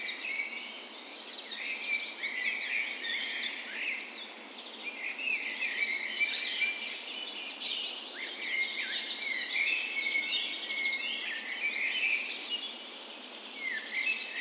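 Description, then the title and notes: Birds: continuous dawn chorus, numerous birds trilling, chirping and whistling at once in a constant high tangle of song. Dawn chorus in a park west in Bergen, Norway; morning of 17 May, Norway's National Day; spring; Sony PCM A10 recorder with LOM micro Usi microphones placed as tree ears. "17th Of May Dawn Chorus. Recorded on the morning of Norways National Day the 17th of May in a park west in Bergen"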